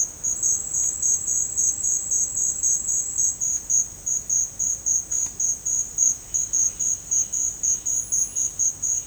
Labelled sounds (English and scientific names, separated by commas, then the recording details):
none
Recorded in dense forest near Puerto Asís, Putumayo, Colombia, on 26 December 2024 at 08:00
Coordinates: 0.481, -76.323
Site G100